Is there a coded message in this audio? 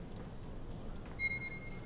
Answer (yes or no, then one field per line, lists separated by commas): no